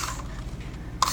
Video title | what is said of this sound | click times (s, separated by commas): Geberit Remote Actuator Installation | and then the air hoses connect to this this snaps in place | 1.0 s